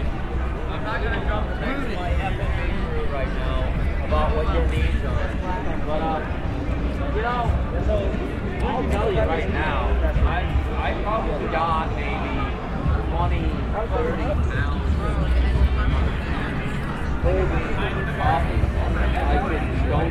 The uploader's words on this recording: Walking into Capitol Hill Organized Protest (CHOP). Capitol Hill Organized Protest (CHOP/CHAZ), Seattle, WA ~10:30pm. Walking into CHOP on 12th (from south), passing by the East Precinct and heading west on Pine along Cal Anderson Park.